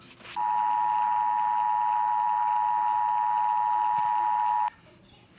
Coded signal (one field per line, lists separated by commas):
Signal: Emergency Alert System (SAME) tones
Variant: 853 and 960 Hz attention tone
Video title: EAS Scenario: Nuclear Disaster Part 1